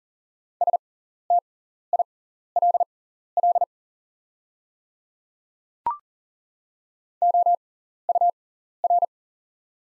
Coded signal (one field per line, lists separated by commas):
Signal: Morse code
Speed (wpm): 40 wpm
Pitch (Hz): 700 Hz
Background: none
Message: STILL OUR